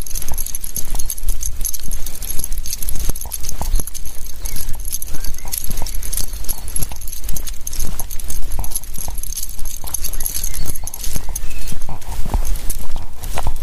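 A walk in the forest, with busy, irregular crunching and snapping like footsteps on twigs and leaves running through the whole clip over a low rumble. A thin, steady high whine, perhaps insects, holds constant behind it from start to finish.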